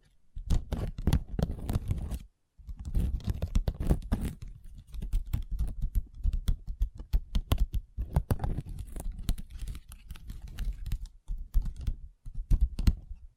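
Long fingernails tap and scratch on a tabletop in quick, dense clusters of sharp clicks, much like rapid typing. Scratchy rustling fills the gaps, with brief pauses near two and twelve seconds; a low hum sits underneath throughout.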